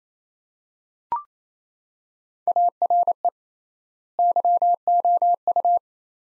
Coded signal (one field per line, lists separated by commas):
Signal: Morse code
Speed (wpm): 28 wpm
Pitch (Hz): 700 Hz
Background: none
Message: ARE YOU